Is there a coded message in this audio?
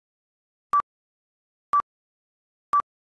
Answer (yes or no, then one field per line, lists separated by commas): no